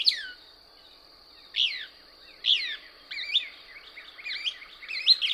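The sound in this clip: Couch's Kingbird singing high, down-slurred chirps, first spaced about a second apart, then quicker twittering notes run together, with a constant thin high drone behind.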